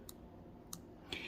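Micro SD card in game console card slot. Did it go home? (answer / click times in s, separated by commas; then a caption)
released / 0.1 s, 0.7 s, 1.1 s. A micro SD card in the spring-loaded card slot of a Nintendo Switch is gently pushed in and released so that it ejects. Sharp clicks are heard at 0.1 s and 0.7 s, and a slightly longer click-and-rattle at 1.1 s as the card pops out over a low background hum. The card is released and ejects from the slot.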